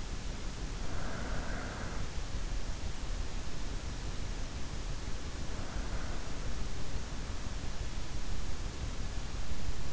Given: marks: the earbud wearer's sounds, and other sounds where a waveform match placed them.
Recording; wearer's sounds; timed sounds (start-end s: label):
sounds in sleep by an in-ear microphone; breath
0.00-2.34 s: breath